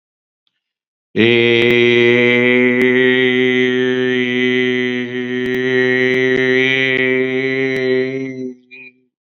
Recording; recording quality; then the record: sustained vowel as in made; excellent, no background noise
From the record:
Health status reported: healthy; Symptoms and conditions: cough, sore throat, hypertension, diabetes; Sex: male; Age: 59 years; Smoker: no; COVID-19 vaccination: both doses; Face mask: not worn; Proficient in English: yes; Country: India